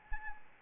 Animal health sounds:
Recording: mosquito wingbeat signal from an infrared sensor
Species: Anopheles arabiensis

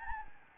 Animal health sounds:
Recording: mosquito wingbeat signal from an infrared sensor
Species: Anopheles gambiae

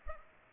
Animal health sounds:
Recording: mosquito wingbeat signal from an infrared sensor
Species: Culex pipiens

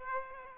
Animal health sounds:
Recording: mosquito wingbeat signal from an infrared sensor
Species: Aedes aegypti

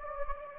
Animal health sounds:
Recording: mosquito wingbeat signal from an infrared sensor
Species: Anopheles gambiae

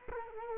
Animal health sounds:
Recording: mosquito wingbeat signal from an infrared sensor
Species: Culex quinquefasciatus

